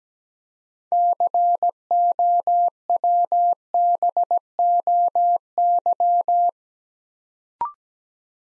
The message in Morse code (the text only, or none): COWBOY